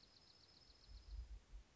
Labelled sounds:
Dark-eyed Junco
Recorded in Sonoma County, California

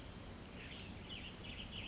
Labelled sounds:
California Towhee
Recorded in Sonoma County, California

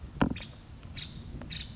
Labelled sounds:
Nuttall's Woodpecker
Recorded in Sonoma County, California

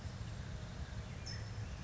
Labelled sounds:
California Towhee
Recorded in Sonoma County, California

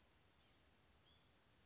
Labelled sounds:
Chestnut-backed Chickadee
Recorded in Sonoma County, California

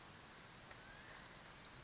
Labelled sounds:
Western Flycatcher
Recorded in Sonoma County, California

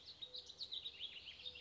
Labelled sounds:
Warbling Vireo
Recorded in Sonoma County, California

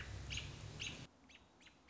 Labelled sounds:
American Robin
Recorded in Sonoma County, California

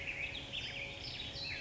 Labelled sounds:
Black-headed Grosbeak
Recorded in Sonoma County, California

